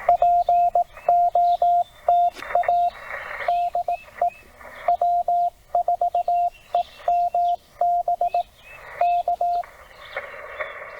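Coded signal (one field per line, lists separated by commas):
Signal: Morse code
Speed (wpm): 18 wpm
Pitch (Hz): 700 Hz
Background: radio noise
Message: POTA DE W4EMB K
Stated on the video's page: CW POTA activation from a Tennessee state park using TR45L Skinny radio, MC-750 vertical whip with four radials, Bamatech TP III key, 12 Ah battery.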